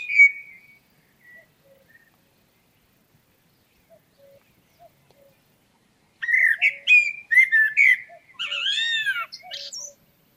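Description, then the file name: Common blackbird giving one brief note, then near silence with faint soft notes, before a burst of several rich fluted phrases mixed with high squeaky notes. "Turdus merula"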